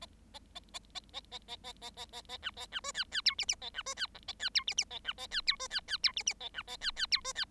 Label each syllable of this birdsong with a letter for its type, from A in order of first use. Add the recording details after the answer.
A A A A A A A A A A A A A B A B C D D E F F A B C D G A D E F F A B A D E C D D E F F A B A D D E C D. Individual Bird7